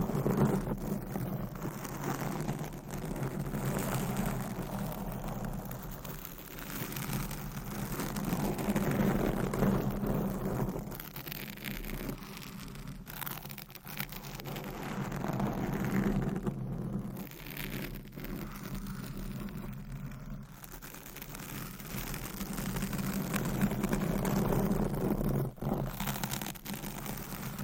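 Continuous scratching on a microphone, a dense rasping texture that never lets up, with quick strokes and brief sharper scrapes scattered throughout. The loudness swells and eases gently over the half minute, and a low steady hum runs underneath the whole time.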